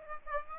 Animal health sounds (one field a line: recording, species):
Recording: mosquito wingbeat signal from an infrared sensor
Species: Aedes aegypti